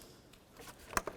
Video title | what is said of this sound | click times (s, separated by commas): How to Replace Ignition Coil Boots 2006-2012 Ford Fusion (3.0L V6) | for a click, give it a tug, make sure it's locked. | 1.0 s